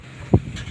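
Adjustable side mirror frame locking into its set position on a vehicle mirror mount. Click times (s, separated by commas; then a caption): 0.3 s. An aftermarket OTJ adjustable side mirror frame on a vehicle mirror mount is adjusted into position and locks with a short, sharp click at 0.3 s, showing low-frequency body against a quiet, steady background. The frame is seated and locked in its set position, and no one talks during the clip.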